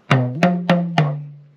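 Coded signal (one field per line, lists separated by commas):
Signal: talking drum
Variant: Yoruba dùndún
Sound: four resonant drum strokes with changing pitch, like four spoken syllables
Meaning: The name Olufemi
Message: olufemi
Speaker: okay my name for instance is olufemi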